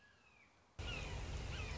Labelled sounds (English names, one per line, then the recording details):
Red-shouldered Hawk
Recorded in Sonoma County, California